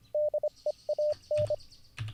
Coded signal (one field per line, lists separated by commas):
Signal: Morse code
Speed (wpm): 25 wpm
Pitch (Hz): 600 Hz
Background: none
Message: DEAN